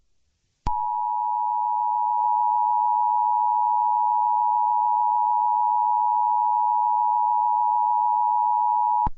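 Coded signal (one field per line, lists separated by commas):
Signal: Emergency Alert System (SAME) tones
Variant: 853 and 960 Hz attention tone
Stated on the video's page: A fake, simulated tornado warning alert.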